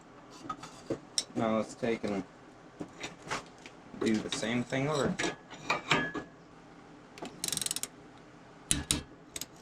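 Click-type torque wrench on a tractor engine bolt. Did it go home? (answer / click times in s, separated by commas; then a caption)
yes / 8.7 s. A click-type torque wrench set to 20 foot-pounds tightens a bolt on a 1947 Allis Chalmers Model C tractor engine mounted on an engine stand, while someone talks. The wrench ratchets in quick bursts, then gives a sharp click at 8.7 s when it reaches the setting, though the bolt did not feel very tight.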